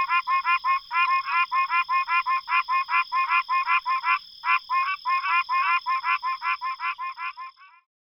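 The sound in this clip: Pine Barrens treefrog giving a long run of quick nasal honks, with a few brief gaps before stopping.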